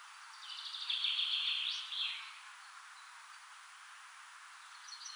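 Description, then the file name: Common chaffinch song phrase of quick notes ending in a short flourish, fairly quiet over a hissy background, with a brief fragment at the end. "Fringilla coelebs"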